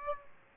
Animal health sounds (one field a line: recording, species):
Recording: mosquito wingbeat signal from an infrared sensor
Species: Aedes aegypti